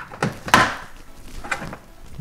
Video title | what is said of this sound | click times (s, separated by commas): How to Install 2019+ Rav4 Brake Light Harness. | uh you'll hear the snap | 0.5 s